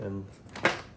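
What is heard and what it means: A plastic add-on section of an RC crawler obstacle course is hooked on, its tabs lined up, and rotated downward toward the ridge piece while someone talks briefly at the start. Soft plastic handling knocks follow, with the loudest at about 0.65 s. Nothing has seated or clicked yet; the clip ends before the section locks into place.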